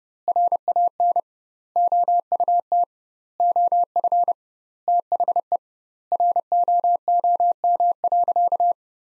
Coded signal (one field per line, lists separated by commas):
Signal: Morse code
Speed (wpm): 30 wpm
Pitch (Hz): 700 Hz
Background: none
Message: RAN OUT OF THE ROOM.